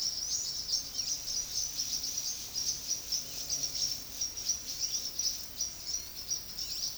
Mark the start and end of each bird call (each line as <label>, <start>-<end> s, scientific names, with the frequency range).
Euphonia chrysopasta (2.4-8.8 kHz), 0.00-6.97 s